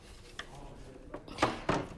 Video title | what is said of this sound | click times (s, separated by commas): DAY TWO - BERNINA X stitchhouse Summit - Quilting Day | and they click in place for us | 1.4 s, 1.7 s